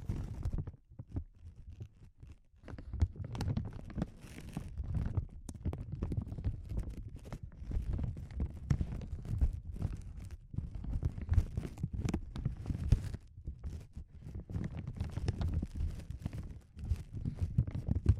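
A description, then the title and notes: Soft crinkling goes on almost without pause, made of dense, quick little crackles with frequent sharper snaps scattered throughout. The sound sits mostly low and muffled, with brief bright ticks poking above it, and it barely settles after a quieter first two seconds. ASMR Sensitive Crinkles (No Talking).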